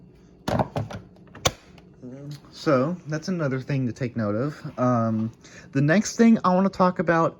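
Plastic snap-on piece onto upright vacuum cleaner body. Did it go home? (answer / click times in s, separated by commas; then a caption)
yes / 1.5 s. Two plastic cover pieces are pushed back onto Bissell Powerforce Helix upright vacuum cleaner bodies (models 2191 and 3313), with small handling knocks around 0.6–0.9 s and a sharp, loud click at 1.5 s as a piece snaps into place. Smaller knocks follow at 1.4 s and 1.8 s. From about 2 s onward, someone talks.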